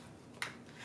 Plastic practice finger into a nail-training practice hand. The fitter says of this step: and you'll hear like a little click.